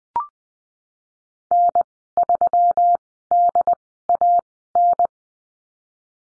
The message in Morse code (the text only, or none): N3DAN